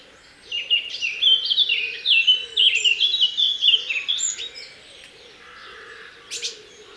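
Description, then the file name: Eurasian blackcap singing one long varied warble of quick chattering and whistled notes lasting about four seconds, then near quiet with one brief high note. "Sylvia atricapilla"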